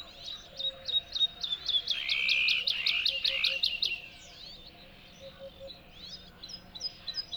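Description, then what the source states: Bird song: rapid high ticking notes joined by a lower buzzy trill, then fading to scattered chirps. Song delivered from a tree in the Spanish dehesas.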